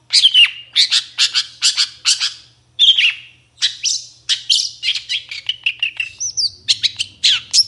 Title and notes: Cendet Gacor Dor Di Kala Pagi Toet Toet Variasi Suara. Suara Cendet Full Isian Yang Di Cari Pentet Manapun Supaya Cepat Ngotot Emosi Langsung Ikutan Bunyi. Burung cendet